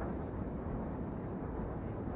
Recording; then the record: background sound without coughing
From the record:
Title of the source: Train Ride Ambience ambient white noise for sleeping, focus, studying, reading